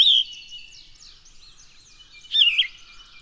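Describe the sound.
Bird song with a bright warbled phrase at the start and another about two seconds later, over steady high twittering.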